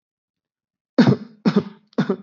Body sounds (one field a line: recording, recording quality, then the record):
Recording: shallow voluntary cough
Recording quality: excellent, no background noise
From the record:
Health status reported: exposed to COVID-19, no respiratory illness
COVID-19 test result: negative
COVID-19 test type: RT-PCR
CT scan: not taken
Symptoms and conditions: none ticked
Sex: male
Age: 22 years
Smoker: no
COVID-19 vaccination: both doses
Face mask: not worn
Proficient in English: yes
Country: India